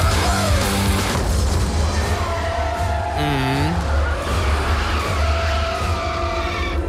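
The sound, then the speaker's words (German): Car tires screech in long, sustained squeals as a car skids and hits a person, over a loud, continuous rumble, with a brief wavering shriek in the middle before the high skid tone returns. “Ja, und die ist, so ein paar Freunde sind nach einer Party mit dem Auto unterwegs, gucken beim Fahren nicht richtig auf die Straße und dann passiert im Film das.”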